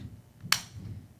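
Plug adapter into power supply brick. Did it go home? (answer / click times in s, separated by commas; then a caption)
yes / 0.5 s. A US region plug adapter is pushed onto a power supply brick and snaps into place with a single sharp plastic snap at 0.5 s, preceded by a faint tick at 0.4 s. Someone talks. The adapter is seated.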